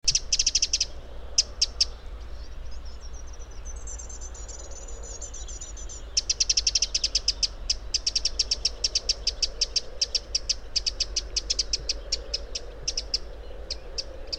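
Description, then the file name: Eurasian wren: quick runs of sharp, high ticking notes, broken by a short thin buzzy trill, then a long rattling series of ticks over a low rumble. "Troglodytes troglodytes"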